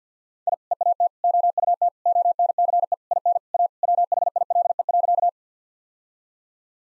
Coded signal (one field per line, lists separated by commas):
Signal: Morse code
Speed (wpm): 50 wpm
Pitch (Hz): 700 Hz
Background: none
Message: I EAT OUT ONCE IN A WHILE.